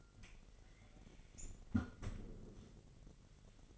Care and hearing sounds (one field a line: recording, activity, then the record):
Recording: daily activity, microphone in the room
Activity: close fridge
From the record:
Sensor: 4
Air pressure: 1002.8 hPa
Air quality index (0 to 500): 249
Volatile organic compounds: 19 ppm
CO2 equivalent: 2667 ppm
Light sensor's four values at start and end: 4/9/3/4 and 4/9/3/4